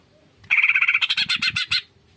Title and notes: Masteran & Pancingan Cucak Ijo Gacor. Burung Cucak Ijo